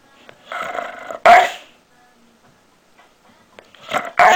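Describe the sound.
Labrador Retriever with a low grumble leading into a sharp bark, a pause, then another rumble and a second abrupt bark at the end.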